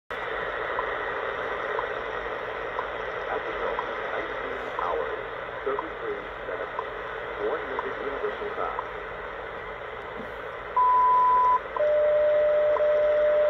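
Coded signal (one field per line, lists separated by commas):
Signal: radio time signal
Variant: WWV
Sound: hissy shortwave static with faint voice, then a short high beep and a steady lower tone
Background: radio static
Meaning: The 0.8-second 1000 Hz tone marks the start of a new minute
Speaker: so uh the ats 25 on wwv 25 megahertz so this is kind of cool as we are receiving 25 megahertz here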